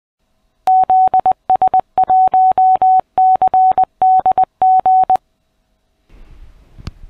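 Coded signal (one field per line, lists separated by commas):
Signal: Morse code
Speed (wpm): 20 wpm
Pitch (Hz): 750 Hz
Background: none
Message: ZS1CDG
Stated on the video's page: Amateur station activating Green Point Lighthouse for ILLW 2017.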